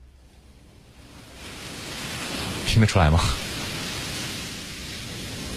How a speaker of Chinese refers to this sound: 哎，只有大海的声音，对不对？